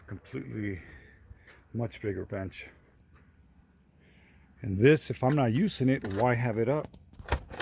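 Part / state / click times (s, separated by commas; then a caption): fold-up work bench panel locking into its van mount / not seated / none. Someone talks while handling a hinged metal fold-up workbench panel in a van, which locks into its van mount. Light rattles and sharp taps come near the end, around 7.1 to 7.5 seconds. The clip ends before the panel goes home, so nothing has seated or locked yet.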